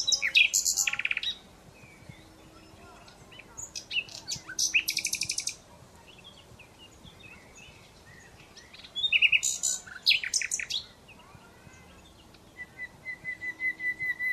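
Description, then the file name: Common Nightingale delivering loud, rapid staccato bursts separated by pauses, ending with a steady series of repeated piping notes. "Luscinia megarhynchos"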